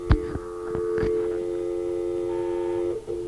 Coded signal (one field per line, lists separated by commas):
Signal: telephone call progress tone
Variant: North America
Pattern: dial tone